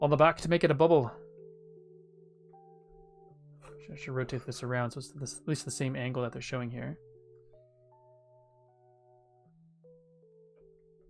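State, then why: Not seated. Someone talks while turning a plastic brick piece to line it up with a LEGO Vespa (10298) scooter model assembly, with soft sustained musical tones playing underneath. Nothing has seated or clicked into place yet.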